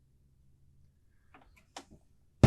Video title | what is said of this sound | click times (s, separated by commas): Firearm Field Strip | and then i'm just going to push down with my heel and it'll click right in occasionally it needs a little | 2.4 s